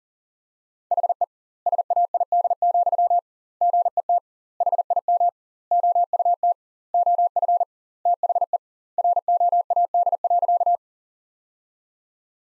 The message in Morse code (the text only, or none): HE SAID, GET HIM OUT OF THE ROAD.